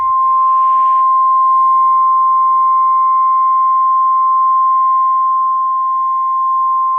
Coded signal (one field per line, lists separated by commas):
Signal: Emergency Alert System (SAME) tones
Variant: 1050 Hz attention tone